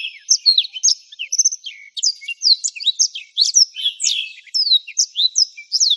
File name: suara burung blackthroat